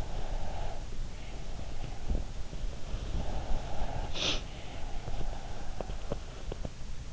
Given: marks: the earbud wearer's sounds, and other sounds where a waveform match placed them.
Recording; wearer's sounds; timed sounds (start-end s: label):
sounds in sleep by an in-ear microphone; breath
0.00-2.33 s: breath
1.21-6.87 s: sound from someone else or the room
2.88-5.75 s: breath